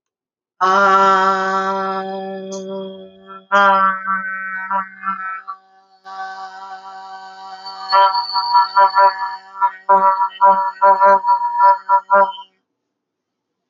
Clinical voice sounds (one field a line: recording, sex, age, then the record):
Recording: vowel held as long as possible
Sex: female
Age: 40 to 49 years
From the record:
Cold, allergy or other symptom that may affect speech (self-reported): no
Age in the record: 43 years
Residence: Connecticut, United States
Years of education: 15